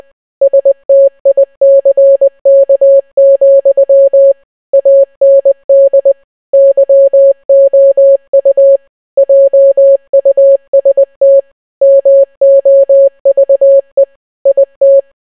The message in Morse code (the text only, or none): STICK, AND YOU JUST MOVE IT